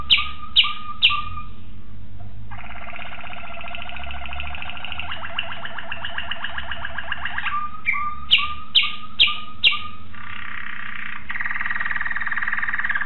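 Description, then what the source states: Waterslager canary song opening with quick falling notes, then a deep rattling, water-like rolling tour, more dropping notes, and a fast buzzy trill, over a steady low hum. Song variations of a Waterslager canary.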